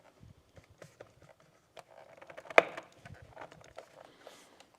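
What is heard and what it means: A Goldstrike Panovista extended convex replacement mirror with sequential turn signals is fitted onto a motorcycle's mirror support, with its two tabs set under the holes and its bottom pushed down. Faint scattered taps and rustles lead to a sharp snap at 2.6 s, and the mirror is seated on the support.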